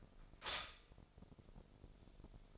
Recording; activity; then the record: daily activity, microphone in the room; stop toaster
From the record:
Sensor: 5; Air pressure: 995.3 hPa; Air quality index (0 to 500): 106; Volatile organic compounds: 8 ppm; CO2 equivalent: 2051 ppm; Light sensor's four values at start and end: 35/84/34/34 and 35/84/34/34